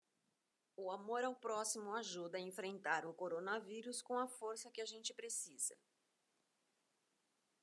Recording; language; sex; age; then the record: spoken sentence; Brazilian Portuguese; female; 60 to 69 years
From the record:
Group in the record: control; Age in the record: 62 years